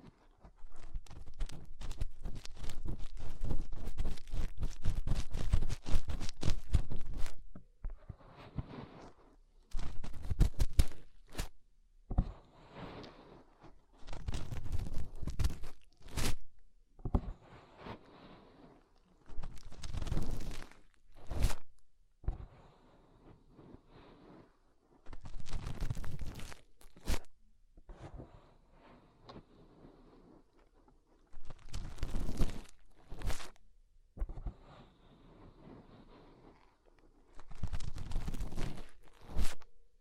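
Muffled rubbing and scratching of fingers in the ear, coming in irregular bursts with sharp crackles and near-silent pauses between them.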